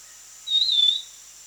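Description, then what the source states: Black-capped babbler uttering a single pure whistle, lifting briefly and then sliding down slightly, with a continuous thin high hiss behind it. Recorded on 1 July 2008.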